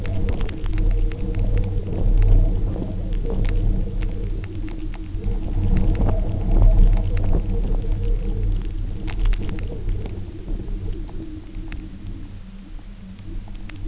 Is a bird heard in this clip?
no